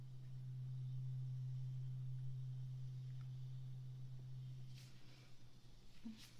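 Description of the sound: A steady low-pitched test tone sounds for about five seconds and then stops, during a role-played hearing check of the right ear; the patient is to say "stop" once the sound can no longer be heard.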